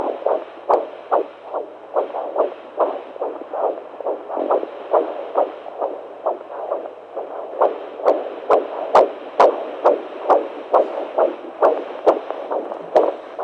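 Rapid, regular whooshing beats at about 136 a minute: a baby's heartbeat at 24 weeks of pregnancy, heard on a Doppler fetal monitor.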